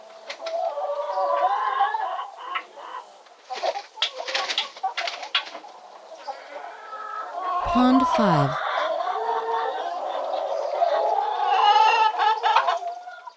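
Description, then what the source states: Chickens in chorus, many hens clucking and cackling over one another, with a brief low thump midway and squawks near the end. Several hens in a hen house, calling together in chorus.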